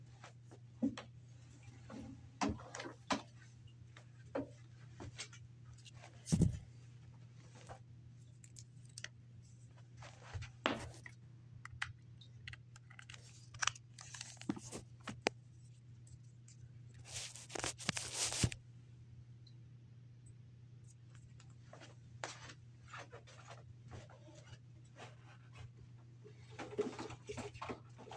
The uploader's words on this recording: No talking is included, just spraying, wiping, and vacuuming.